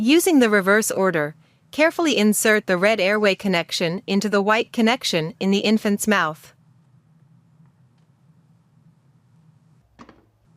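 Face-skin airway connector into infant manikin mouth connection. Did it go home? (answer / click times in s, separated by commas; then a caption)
yes / 10.0 s, 10.1 s. Someone talks, then the red airway connection of an infant CPR manikin's face skin is inserted into the white connection in the manikin's mouth and pushed down gently. Two short clicks sound at 10.0 s and 10.1 s as the connector seats.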